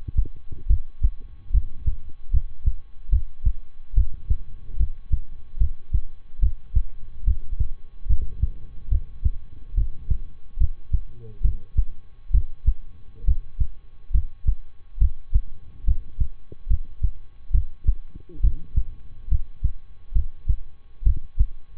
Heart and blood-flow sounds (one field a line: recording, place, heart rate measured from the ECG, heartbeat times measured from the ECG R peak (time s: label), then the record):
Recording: heart sounds by stethoscope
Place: between the tricuspid and mitral areas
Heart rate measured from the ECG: 71 bpm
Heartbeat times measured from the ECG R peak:
0.66 s: heartbeat
1.50 s: heartbeat
2.30 s: heartbeat
3.09 s: heartbeat
3.93 s: heartbeat
4.76 s: heartbeat
5.57 s: heartbeat
6.39 s: heartbeat
7.24 s: heartbeat
8.06 s: heartbeat
8.88 s: heartbeat
9.74 s: heartbeat
10.57 s: heartbeat
11.41 s: heartbeat
12.30 s: heartbeat
13.24 s: heartbeat
14.11 s: heartbeat
14.98 s: heartbeat
15.84 s: heartbeat
16.67 s: heartbeat
17.51 s: heartbeat
18.40 s: heartbeat
19.28 s: heartbeat
20.12 s: heartbeat
21.02 s: heartbeat
From the record:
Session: rest, lying down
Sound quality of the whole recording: good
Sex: male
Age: 23 years